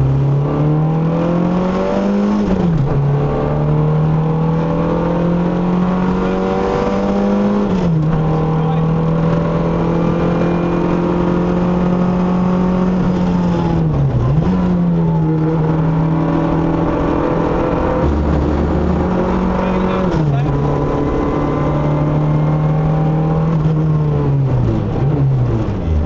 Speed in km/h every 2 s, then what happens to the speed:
66, 77, 90, 100, 108, 114, 93, 77, 84, 89, 95, 85, 47.
0-11 speeds up to 114. 11-13 brakes to 77. 21-26 brakes to 47.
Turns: 12-19.